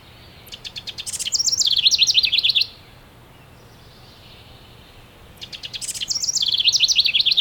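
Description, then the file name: House wren song: two bubbly, rapid bursts of high chattering notes that run quickly up and down, with a pause of about two and a half seconds between bursts. "Troglodytes aedon - House Wren"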